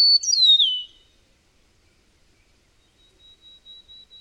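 Bird song: one loud whistle sweeping downward in under a second, then a faint, thin, steady high tone.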